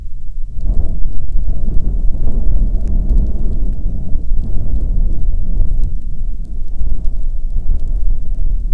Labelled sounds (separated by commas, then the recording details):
waterfowl, wind, rain
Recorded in the Prudhoe Bay oil fields, Alaska, on 5 June 2019 at 00:01
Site 13